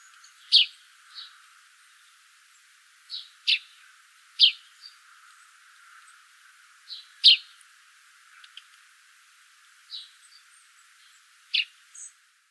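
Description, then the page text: Eurasian tree sparrow chirping, a loose series of sharp high chirps, some in quick pairs, scattered irregularly across the recording. "Volker Arnold - Полевой воробей (Passer montanus)"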